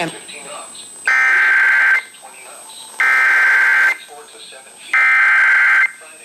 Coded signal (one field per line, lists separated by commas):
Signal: Emergency Alert System (SAME) tones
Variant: header bursts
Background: speech